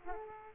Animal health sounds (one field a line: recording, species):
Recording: mosquito wingbeat signal from an infrared sensor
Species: Aedes aegypti